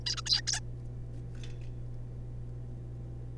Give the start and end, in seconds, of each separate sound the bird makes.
0.06-0.15, 0.17-0.22, 0.26-0.41, 0.47-0.60